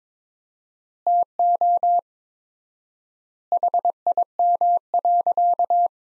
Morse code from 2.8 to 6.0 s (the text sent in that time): HIM.